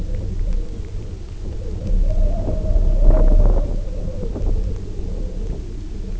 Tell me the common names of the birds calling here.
none